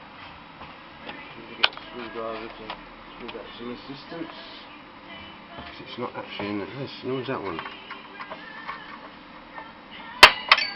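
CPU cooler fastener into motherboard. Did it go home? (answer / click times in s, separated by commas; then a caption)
yes / 10.2 s, 10.5 s. During a processor change, the first heatsink mounting clips of a CPU cooler are pushed home into the motherboard while someone talks. Two sharp clicks ring out at 10.2 s and 10.5 s as the fasteners seat.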